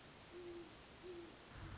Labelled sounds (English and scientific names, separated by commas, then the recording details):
Great Horned Owl (Bubo virginianus)
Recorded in Sonoma County, California